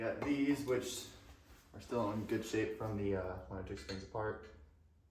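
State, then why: Not seated. A man talks while handling reused leaf spring isolator pads, kept in good shape from the teardown, that are about to be slid into a leaf spring on a 1999–2006 Cateye Silverado truck. Only speech is heard, with no impacts or clicks. Nothing has seated or clicked into place yet.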